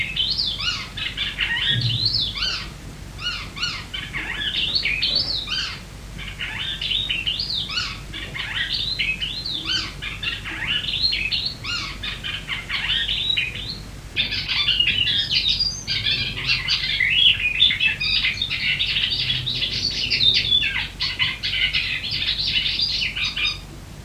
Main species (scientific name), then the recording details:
Hippolais icterina. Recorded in the wild. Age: adult. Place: Bodensdorf, AT. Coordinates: 46.68, 13.97. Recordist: Brunner, Thomas. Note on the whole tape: Aufnahme: Frühjahr 1961, bei Sigl in der Wohnung, Bodensdorf, Ossiachersee, Kärnten